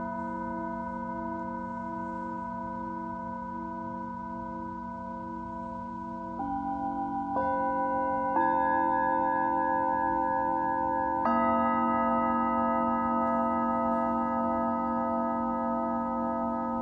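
A Tibetan singing bowl rings with long, steady tones that hang in the air. New strikes or shifts in pitch arrive around 6, 7, 8 and 11 seconds, each adding another layered tone and making the sound slightly louder. A soft low rumble runs underneath throughout.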